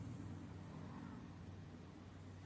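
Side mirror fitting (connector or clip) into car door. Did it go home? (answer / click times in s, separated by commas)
no / none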